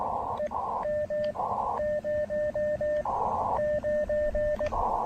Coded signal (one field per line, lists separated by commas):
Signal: Morse code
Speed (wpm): 19 wpm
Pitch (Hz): 590 Hz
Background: radio noise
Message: EM09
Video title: SOTA Plan B! An aborted activation followed by an amazing (although gusty) alternative!